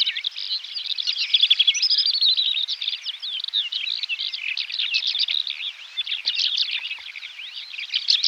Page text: Greater Short-Toed Lark Song. Quick Sounds